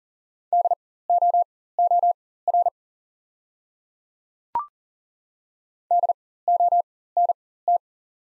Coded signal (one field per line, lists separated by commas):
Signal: Morse code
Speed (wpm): 39 wpm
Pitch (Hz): 700 Hz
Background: none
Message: DOOR DONT